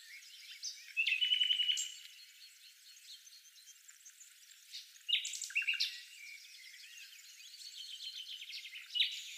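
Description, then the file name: Common nightingale song with two loud bursts of rapid repeated notes, one early and one midway, between quieter scattered chirps and whistles. "Luscinia megarhynchos"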